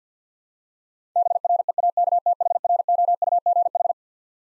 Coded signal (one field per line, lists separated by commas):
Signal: Morse code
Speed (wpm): 50 wpm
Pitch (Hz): 700 Hz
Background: none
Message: BREAKTHROUGH